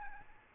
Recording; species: mosquito wingbeat signal from an infrared sensor; Aedes albopictus